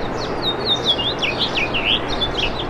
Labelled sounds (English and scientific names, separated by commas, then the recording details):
House Finch (Haemorhous mexicanus) song
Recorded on Long Island, New York, on 24 April 2012
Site AS
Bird A